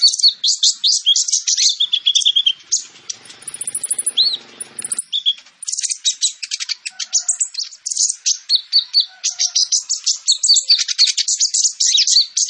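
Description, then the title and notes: Sunbird song: rapid, high twittering chirps and trills, briefly overlapped midway by a burst of lower rustling noise before the fast chattering resumes. Kolibri ninja singing constantly (gacor) with full fills and shots (isian dan tembakan); used as bait to lure birds. "MASTERAN KOLIBRI NINJA FULL ISIAN DAN TEMBAKAN COCOK BUAT PANCINGAN. Suara Burung Kolibri Ninja Gacor"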